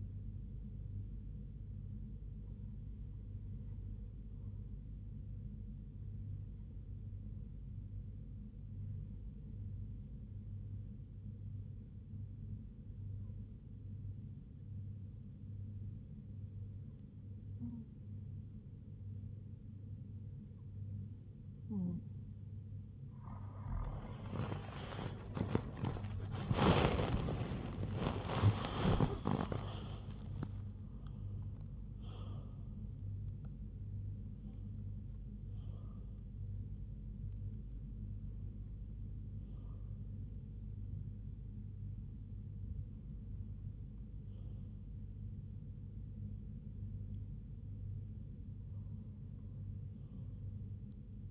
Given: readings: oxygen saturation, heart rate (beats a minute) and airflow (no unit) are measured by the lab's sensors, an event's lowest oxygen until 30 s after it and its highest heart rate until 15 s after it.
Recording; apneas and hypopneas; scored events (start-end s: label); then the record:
a person awake in a sleep study, by a smartphone at the bedside; 1
8.00-23.60 s: hypopnea (REM, oxygen 98% highest, then 95% lowest, heart rate 78 at the start, 110 highest)
23.00-51.31 s: new sleep stage, awake
From the record:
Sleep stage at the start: REM sleep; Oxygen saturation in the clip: 95 to 98%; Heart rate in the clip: 68 to 110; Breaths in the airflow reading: 12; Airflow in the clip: -11.7 to 10.2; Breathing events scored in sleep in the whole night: 158 in 7.3 hours asleep